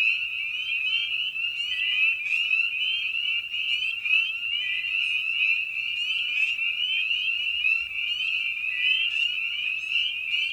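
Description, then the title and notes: Spring peeper chorus, a continuous wall of piercing upslurred peeps from many frogs at once, with a few softer, lower whistles woven through. Evening at a frog pond; presented in a modified format intended as a sleep aid. "Episode 5: Night of the Peepers. we return to the frog pond for a meditative evening. Species in Focus: Spring Peeper (Pseudacris crucifer). Written, recorded, and produced by Ian Carlsen"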